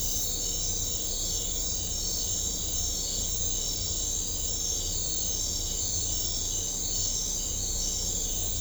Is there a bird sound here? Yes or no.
no